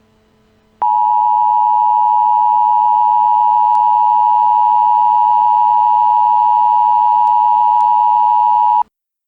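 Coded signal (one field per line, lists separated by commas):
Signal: Emergency Alert System (SAME) tones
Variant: 853 and 960 Hz attention tone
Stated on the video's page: Fictional EAS scenario with possibly valid SAME tones, simulated alerts for a made-up severe weather event.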